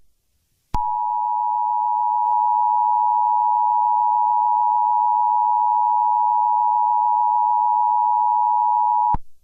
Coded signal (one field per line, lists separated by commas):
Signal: Emergency Alert System (SAME) tones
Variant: 853 and 960 Hz attention tone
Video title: Eas Scenario 016 - Dr. Seuss On The Loose